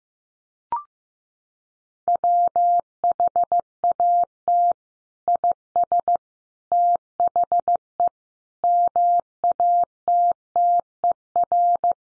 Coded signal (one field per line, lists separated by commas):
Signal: Morse code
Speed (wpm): 15 wpm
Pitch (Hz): 700 Hz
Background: none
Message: WHAT IS THE MATTER